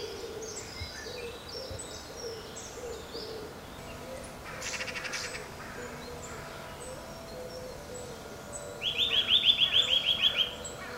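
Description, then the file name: Eurasian nuthatch call series: a fast run of several sharp, clipped whistled notes near the end, after quiet background with faint bird notes. "Sitta europaea"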